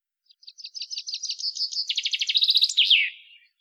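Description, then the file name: Common chaffinch song: a series of bright notes that drop lower midway and end with a descending flourish, all in about three seconds. "Fringilla coelebs"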